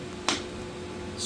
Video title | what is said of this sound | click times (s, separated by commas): Brother GTXpro grippers | And you hear the clicks. | 0.3 s